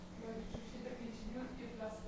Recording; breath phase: one breath near a microphone; inhalation